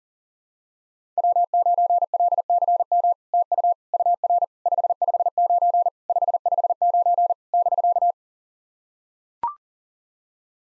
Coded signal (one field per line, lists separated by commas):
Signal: Morse code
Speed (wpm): 40 wpm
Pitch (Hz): 700 Hz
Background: none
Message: W9LCM TU UR 559 559 <BK>